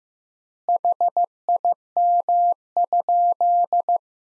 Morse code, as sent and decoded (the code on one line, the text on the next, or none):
.... .. -- ..--..
HIM?